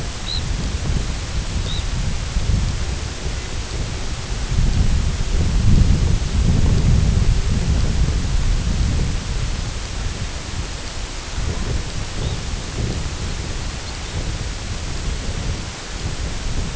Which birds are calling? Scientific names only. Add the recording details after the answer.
Phalaropus fulicarius, Calidris melanotos. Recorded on Arctic tundra, site IGLO-F, on 19 June 2018. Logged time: 06:00